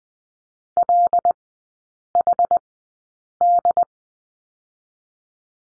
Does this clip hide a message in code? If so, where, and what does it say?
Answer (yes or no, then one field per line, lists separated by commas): yes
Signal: Morse code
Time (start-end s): 0.8-3.8 s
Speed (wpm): 19 wpm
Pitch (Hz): 700 Hz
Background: none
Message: LHD